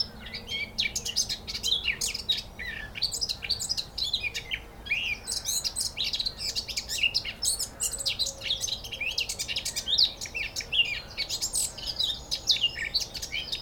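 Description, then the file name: Eurasian blackcap singing a long unbroken warble of quick, varied, scratchy and clear notes. "Sylvia atricapilla"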